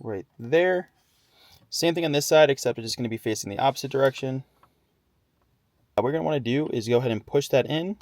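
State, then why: Not seated. Someone talks while handling a piece of the console switch panel on a 2024 Audi SQ5, about to push it into the center console until it clicks. Nothing has seated or clicked yet by the end of the clip.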